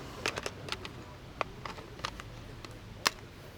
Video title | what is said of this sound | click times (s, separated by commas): Hands-on Commentary with 5 Iconic WWII Weapons [4K] | Snaps into place, loaded. | 3.1 s